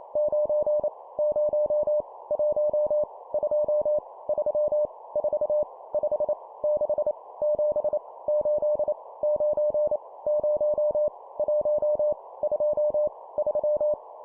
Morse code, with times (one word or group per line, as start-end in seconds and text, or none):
0.2-0.9 9
1.2-2.0 0
2.3-3.0 1
3.3-4.0 2
4.3-4.9 3
5.2-5.6 4
5.9-6.3 5
6.6-7.1 6
7.4-8.0 7
8.3-8.9 8
9.2-10.0 9
10.3-11.1 0
11.4-12.1 1
12.4-13.1 2
13.4-13.9 3